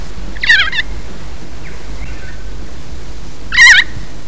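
Kaka calls: two brief harsh, warbling squawks about three seconds apart, a faint softer note between them, over a low steady hum.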